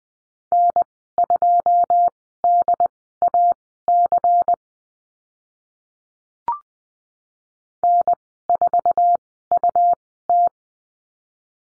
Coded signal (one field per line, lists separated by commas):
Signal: Morse code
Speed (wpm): 20 wpm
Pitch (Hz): 700 Hz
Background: none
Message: N2DAC N4UT